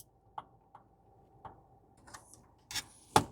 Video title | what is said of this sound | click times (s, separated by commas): Android Stereo install makes your Car SMART | And this is so you get slide it in and it locks into place. There we go. | 3.2 s